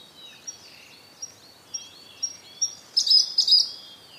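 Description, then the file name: Siberian blue robin song, five quiet clipped notes speeding up before a loud, bright, rattling burst at the end; other birds whistle faintly behind. "koruri"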